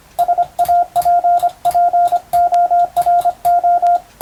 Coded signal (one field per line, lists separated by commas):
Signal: Morse code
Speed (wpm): 25 wpm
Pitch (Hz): 700 Hz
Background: radio noise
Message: SAPPORO